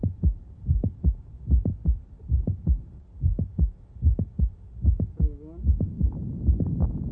The patient with mid-systolic click or mitral valve prolapse to perform a Valsalva maneuver. What the Valsalva will do during the strain phase is reduce venous return to the heart. As left ventricular cavity volume declines, the ratio between the mitral apparatus and cavity volume will be exploited to produce prolapse earlier and earlier. Her mid-systolic click will move so close to S1 as to make it indistinguishable. She has multiple clicks.